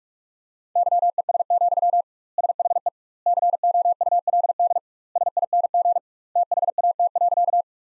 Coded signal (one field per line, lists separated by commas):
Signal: Morse code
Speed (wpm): 46 wpm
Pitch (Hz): 700 Hz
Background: none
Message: YES, SHE COULD SING THAT.